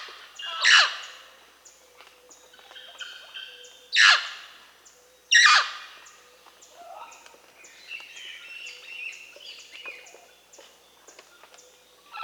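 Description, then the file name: Mealy parrot calling with three loud, harsh, explosive squawks in the first six seconds, followed by softer grating chatter and whistled notes. Recorded in Peru and Bolivia, Amazon region. "Mealy Parrot (Amazona farinosa), Peru, Bolivia"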